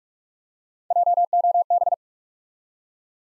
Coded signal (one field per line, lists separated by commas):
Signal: Morse code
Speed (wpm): 44 wpm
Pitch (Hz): 700 Hz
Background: none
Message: J O B